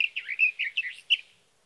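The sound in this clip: Sage thrasher song, a brief burst of rapid warbled notes around mid-high pitch, ending abruptly after about a second.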